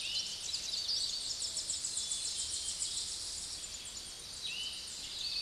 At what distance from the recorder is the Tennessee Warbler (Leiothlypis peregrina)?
about 40 m